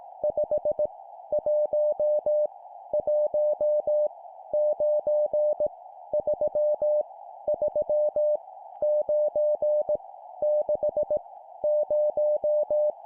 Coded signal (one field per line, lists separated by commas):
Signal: Morse code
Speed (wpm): 18 wpm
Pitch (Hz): 600 Hz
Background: none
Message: 5 1 1 9 3 3 9 6 0